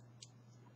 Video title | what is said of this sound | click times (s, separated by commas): Honda Accord replace change battery remote radio control key fob / Schlüssel Batterie wechseln | Yeah, that snapped right into place. | 0.2 s